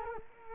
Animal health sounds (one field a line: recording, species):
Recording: mosquito wingbeat signal from an infrared sensor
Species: Culex quinquefasciatus